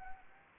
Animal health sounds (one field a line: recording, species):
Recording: mosquito wingbeat signal from an infrared sensor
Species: Anopheles arabiensis